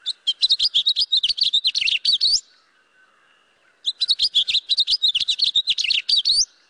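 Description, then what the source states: House finch singing two long, bright warbled phrases of rapid jumbled notes, separated by a pause. Singing loudly from a street tree.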